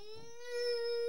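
A single sustained, steady-pitched wail from a 4-year-old child, rising in loudness; ordinary crying.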